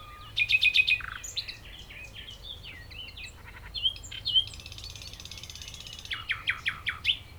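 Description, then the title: Common nightingale song opening with fast repeated notes, then varied twittering phrases and a final burst of strong pulses, a low hum behind. Several nightingales singing at Chindrieux, France; a rototiller runs far off; recordist a few meters from the foreground singer. "195 Rue de Vars, Chindrieux, France - Rossignols"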